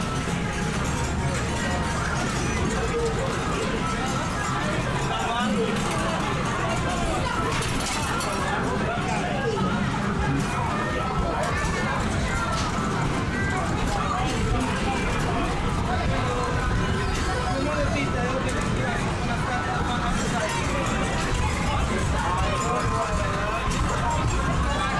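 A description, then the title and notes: A busy seaside amusement arcade hums steadily with dense crowd chatter, whirring machines and electronic tones, plus a thin high whine now and then. The nostalgic ambiance of an English seaside town amusement arcade. This binaural field recording captures the vibrant ambiance of a bustling arcade.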